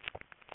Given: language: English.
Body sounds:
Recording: throat vibration sensor signal played as sound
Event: swallow

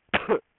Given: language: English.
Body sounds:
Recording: throat vibration sensor signal played as sound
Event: cough

